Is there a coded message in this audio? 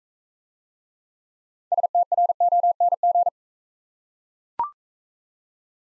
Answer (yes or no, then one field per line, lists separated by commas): yes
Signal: Morse code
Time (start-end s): 1.7-3.3 s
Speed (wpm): 43 wpm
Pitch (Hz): 700 Hz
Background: none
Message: STRONG